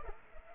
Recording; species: mosquito wingbeat signal from an infrared sensor; Culex pipiens